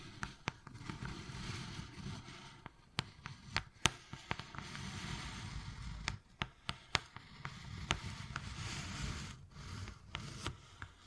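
Wood carving: sharp, bright taps and knocks strike irregularly, a few per second, with clusters around the fourth, seventh and eleventh seconds. Between them runs a continuous low, rough scraping and rustling that swells and fades without stopping.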